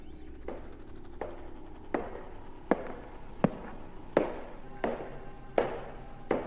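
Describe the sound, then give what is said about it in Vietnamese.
Clattering footsteps outside: a steady series of about nine sharp knocking steps, evenly paced, some louder than others, with no voices. “Bất giác có âm thanh lịch cả lịch kịch. Nó giống như là tiếng bước chân của ai ở bên ngoài kia vậy.”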